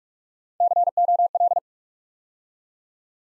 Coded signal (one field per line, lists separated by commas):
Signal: Morse code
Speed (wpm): 44 wpm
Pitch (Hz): 700 Hz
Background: none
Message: COL